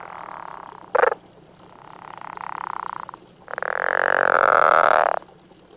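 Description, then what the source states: Pickerel frog calling with low, rasping snores: a short burst near one second, a softer drawn-out snore, then a loud snore lasting nearly two seconds. Recorded in Texas.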